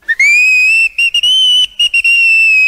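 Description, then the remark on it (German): The whistle of Emma, a steam locomotive, toots repeatedly in little joyful whistles: a loud, steady high-pitched tone broken into several blasts of uneven length with brief gaps between them, and no voices. “Emma trug noch immer ihren großen goldenen Orden mit der blauen Schleife und stieß in einem Fort kleine Freudenpfiffe aus.”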